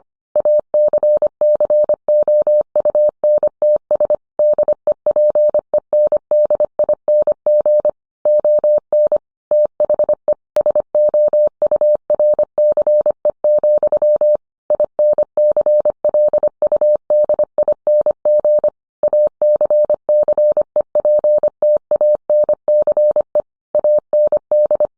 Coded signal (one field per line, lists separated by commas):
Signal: Morse code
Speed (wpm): 25 wpm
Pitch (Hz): 600 Hz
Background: none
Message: ACCOUNTS DEPENDING ON THE SOURCE, INCLUDING ACCEPTANCE AND